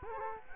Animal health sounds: mosquito wingbeat signal from an infrared sensor; Culex quinquefasciatus

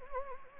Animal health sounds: mosquito wingbeat signal from an infrared sensor; Anopheles gambiae

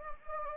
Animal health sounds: mosquito wingbeat signal from an infrared sensor; Anopheles gambiae

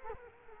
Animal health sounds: mosquito wingbeat signal from an infrared sensor; Culex quinquefasciatus

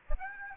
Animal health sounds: mosquito wingbeat signal from an infrared sensor; Aedes aegypti

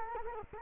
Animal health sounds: mosquito wingbeat signal from an infrared sensor; Culex quinquefasciatus

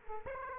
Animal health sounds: mosquito wingbeat signal from an infrared sensor; Aedes aegypti

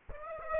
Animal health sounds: mosquito wingbeat signal from an infrared sensor; Aedes aegypti

